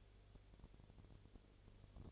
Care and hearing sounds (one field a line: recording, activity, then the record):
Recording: daily activity, microphone in the room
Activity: no activity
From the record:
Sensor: 4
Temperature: 22.3 degrees Celsius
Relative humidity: 30.9%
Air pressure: 1004.1 hPa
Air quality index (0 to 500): 86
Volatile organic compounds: 1 ppm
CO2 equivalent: 777 ppm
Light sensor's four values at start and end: 2/3/1/1 and 2/3/1/1